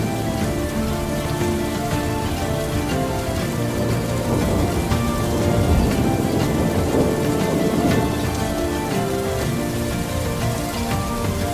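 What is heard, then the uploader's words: Steady rain falls throughout, a dense patter of drops on a hard surface, with a soft low rumble of thunder swelling around the middle. Beneath it, slow medieval-style instrumental music plays sustained plucked and held notes at an even, moderate volume. This episode features the soothing sounds of rain and thunder paired with medieval-inspired instrumental music that will transport you to an ancient tavern. Rain & Thunder with Medieval Ancient Tavern Relaxing Instrumental Music.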